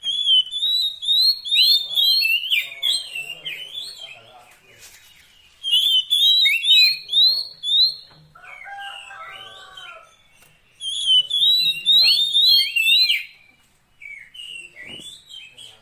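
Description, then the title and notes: Oriental magpie-robin song: runs of repeated slurred whistles and chattering notes in several bursts, with a few lower warbled phrases between them. Long-duration fill-in song to get the bird singing eagerly day and night. "Kacer Jadi Gacor Siang Malam. Isian Kacer Durasi Panjang"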